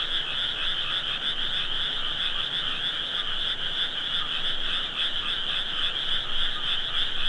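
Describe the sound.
Frogs in a dense chorus, overlapping croaks blending into a steady two-toned trill, one band mid-pitched and another higher, with no breaks throughout.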